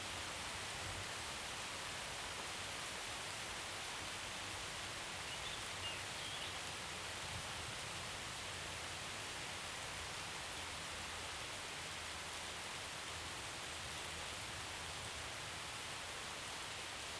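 Steady rain falls in a garden, a dense, even hiss of drops that fills the whole 17 seconds without letting up. The sound sits mostly in the bright middle and upper range, with only a faint low murmur underneath and no distinct separate events.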